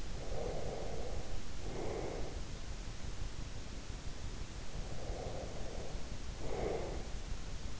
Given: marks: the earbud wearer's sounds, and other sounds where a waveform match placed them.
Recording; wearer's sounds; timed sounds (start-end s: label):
sounds in sleep by an in-ear microphone; breath
0.00-2.65 s: breath
4.88-7.22 s: breath